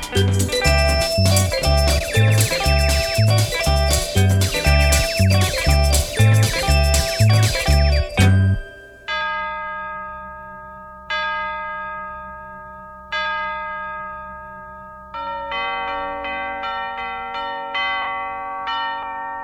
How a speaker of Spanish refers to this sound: En la capilla hay repique de campanas navideñas